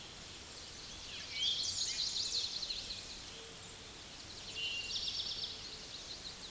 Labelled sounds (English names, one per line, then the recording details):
Eastern Towhee song
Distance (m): 20 m
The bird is about 5 m above the microphone
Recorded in a Pennsylvania forest on 16 May 2024 at 06:30
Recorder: AudioMoth, point MSD-2453
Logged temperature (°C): 16.3 °C
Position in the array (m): 230 m, 166 m